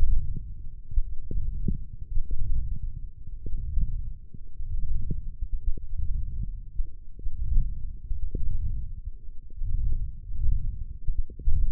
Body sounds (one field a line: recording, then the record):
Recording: forearm muscle sounds (acoustic myography)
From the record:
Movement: wrist flexion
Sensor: system 1, eight BSWA MPA416 microphones around the upper forearm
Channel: 2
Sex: male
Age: 21 years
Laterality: right